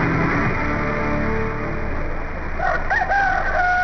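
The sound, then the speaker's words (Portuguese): A rooster lets out one loud, wavering crow that rises and then breaks into a drawn-out, quavering call, preceded by a few seconds of steady low rumbling background noise, opening the Manhã Sertaneja morning programme on Rádio Tropical Gospel, Curitiba, Paraná, Brazil. “Galo que é bom, começa a cantar de madrugada.”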